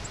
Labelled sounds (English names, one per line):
Virginia's Warbler flight call